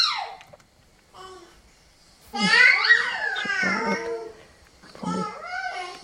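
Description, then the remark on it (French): A five-month-old baby, alone and not yet babbling, plays with its voice, making a series of squeaky, gliding vocal sounds that swoop up and down in pitch, with short pauses between louder, strained bursts. “Donc là, on a un bébé qui a 5 mois et qui est dans cette phase du développement vocal où il va triturer un peu le son, tester sa voix.”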